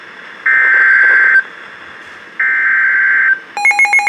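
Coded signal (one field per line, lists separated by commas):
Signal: Emergency Alert System (SAME) tones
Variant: header bursts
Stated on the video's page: Severe thunderstorm warning alert received from weather radio station KHA99.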